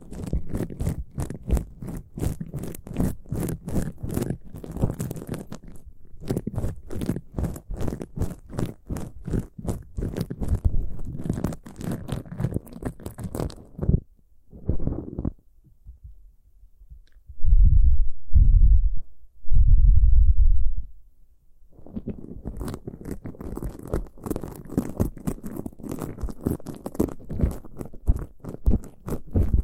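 Dense scratching and rustling of ear picking fills the first half and the last third, quick irregular strokes spread from low to bright. Around 17 to 21 seconds the scraping drops away, leaving two loud, deep, muffled thumps like a slow heartbeat.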